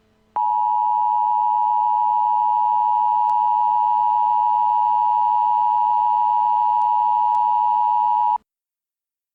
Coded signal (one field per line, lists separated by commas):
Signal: Emergency Alert System (SAME) tones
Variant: 853 and 960 Hz attention tone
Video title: eas scenario 2